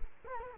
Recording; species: mosquito wingbeat signal from an infrared sensor; Culex quinquefasciatus